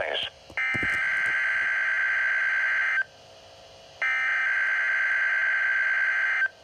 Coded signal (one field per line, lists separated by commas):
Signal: Emergency Alert System (SAME) tones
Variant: header bursts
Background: speech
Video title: NOAA Weather Radio Required Weekly Test on KEC-83 in Baltimore, MD (EAS Alert #9)